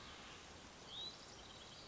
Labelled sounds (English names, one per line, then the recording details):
Hutton's Vireo
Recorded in Sonoma County, California